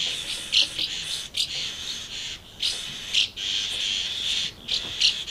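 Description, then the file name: Swallows keep up an almost continuous high twitter, broken by a few sharper chirps. Several swallows recorded at Amblagnieu on 2 July 2017 with an MZ-N 710 recorder. "MZ-N 710 Hirondelles Amblagnieu 2 07 17"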